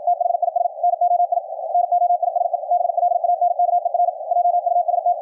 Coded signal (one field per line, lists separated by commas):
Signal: Morse code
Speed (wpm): 53 wpm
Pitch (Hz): 700 Hz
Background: radio noise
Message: THIS NOI NOISE BLANKER JUST